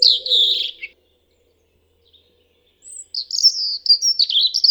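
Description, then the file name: European robin: the end of a warbling phrase, a pause, then a fresh high whistle and a bright, rapid twittering phrase. "Erithacus rubecula"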